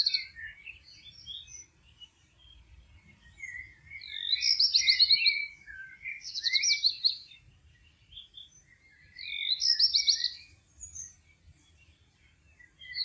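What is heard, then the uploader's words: Birds sing in a countryside garden, with bright, warbling phrases that swell into louder bursts around the five-, seven- and ten-second marks and softer chirps in between. A faint low rumble of outdoor noise runs steadily underneath. This is relaxing music of nature from a Polish garden in the countryside.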